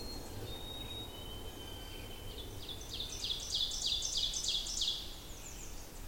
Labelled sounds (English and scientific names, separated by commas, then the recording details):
Ovenbird (Seiurus aurocapilla) song
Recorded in boreal forest in Alberta, Canada, on 20 June 2016 at 07:03
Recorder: SongMeter 3, array SBT-6-81
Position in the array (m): 156 m, 243 m
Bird 25